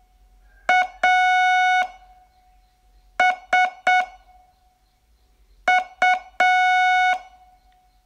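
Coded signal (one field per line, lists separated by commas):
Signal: Morse code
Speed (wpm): 6 wpm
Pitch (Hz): 730 Hz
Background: none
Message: A S U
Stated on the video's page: Morse code training lesson, day 14 of a 42-day course.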